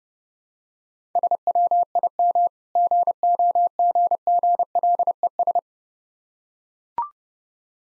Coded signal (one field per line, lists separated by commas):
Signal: Morse code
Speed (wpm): 28 wpm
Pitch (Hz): 700 Hz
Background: none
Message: SWIM GOGGLES